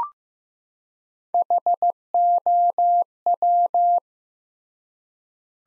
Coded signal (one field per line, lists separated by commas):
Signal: Morse code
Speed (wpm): 15 wpm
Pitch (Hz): 700 Hz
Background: none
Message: HOW